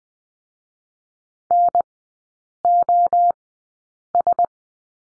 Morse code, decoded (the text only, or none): NOS